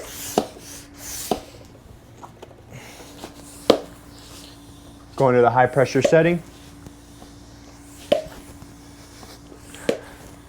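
A tubeless mountain bike tire is inflated with a floor pump on its high-pressure setting, working toward the bead snapping up onto the rim shoulder. Sharp, brief transients are heard at about 0.4, 1.3, 3.7, 8.1 and 9.9 seconds over a steady low hum, and someone talks between about 5.2 and 6.4 seconds. Nothing has seated yet by the end of the clip.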